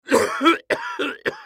Human Cough. Cough multiple male old.